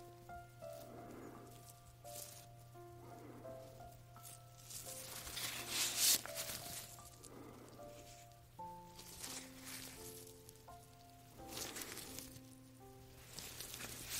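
Latex gloves rustle and crinkle as hands move, in soft bursts of crisp, rain-like crackling that rise and fall every second or two, loudest around six seconds. Underneath, a steady low hum and gentle sustained musical tones shift pitch throughout.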